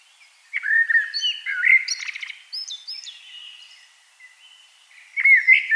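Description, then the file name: Common blackbird song: low fluty whistles followed by high squeaky twitter notes, then another phrase begins at the end. "Turdus merula"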